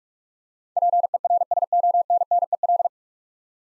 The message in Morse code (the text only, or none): PERSONNEL